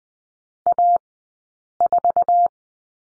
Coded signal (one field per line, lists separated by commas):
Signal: Morse code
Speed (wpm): 19 wpm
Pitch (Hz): 700 Hz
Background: none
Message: A 4